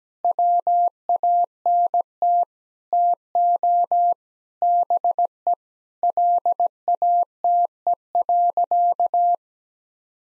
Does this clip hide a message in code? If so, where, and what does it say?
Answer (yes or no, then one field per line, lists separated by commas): yes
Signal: Morse code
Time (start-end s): 0.2-9.3 s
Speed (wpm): 17 wpm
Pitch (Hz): 700 Hz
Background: none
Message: WANT TO BE LATE.